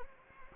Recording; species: mosquito wingbeat signal from an infrared sensor; Anopheles gambiae